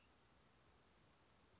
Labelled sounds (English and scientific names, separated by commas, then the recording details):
Cassin's Vireo (Vireo cassinii)
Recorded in Sonoma County, California